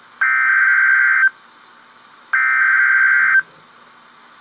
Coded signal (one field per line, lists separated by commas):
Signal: Emergency Alert System (SAME) tones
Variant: header bursts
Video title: REAL EAS 777-Flash flood warning